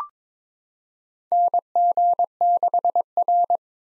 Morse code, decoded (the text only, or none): NG6R